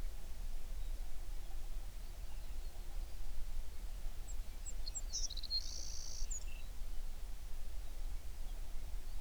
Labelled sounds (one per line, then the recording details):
songbird
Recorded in the Prudhoe Bay oil fields, Alaska, on 11 June 2019 at 04:41
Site 21